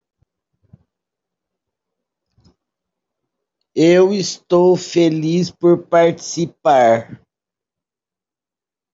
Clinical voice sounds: spoken sentence; Brazilian Portuguese; female; 60 to 69 years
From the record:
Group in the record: control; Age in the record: 69 years

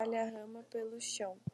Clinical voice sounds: short text; Brazilian Portuguese; female; 18 to 19 years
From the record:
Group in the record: control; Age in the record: 19 years

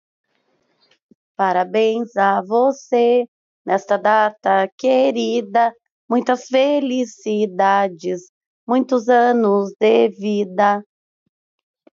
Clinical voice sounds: short text; Brazilian Portuguese; female; 30 to 39 years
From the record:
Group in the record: control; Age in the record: 32 years

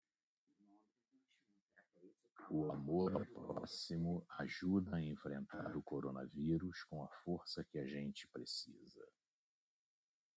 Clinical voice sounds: spoken sentence; Brazilian Portuguese; male; 60 to 69 years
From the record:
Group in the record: control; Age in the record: 63 years

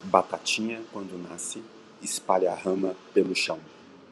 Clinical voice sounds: short text; Brazilian Portuguese; male; 40 to 49 years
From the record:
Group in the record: control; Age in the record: 47 years

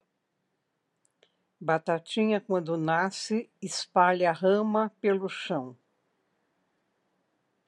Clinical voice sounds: short text; Brazilian Portuguese; female; 60 to 69 years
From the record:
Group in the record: control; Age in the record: 66 years

